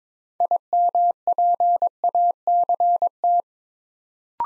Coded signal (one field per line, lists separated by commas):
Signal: Morse code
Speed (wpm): 22 wpm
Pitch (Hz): 700 Hz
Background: none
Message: IMPACT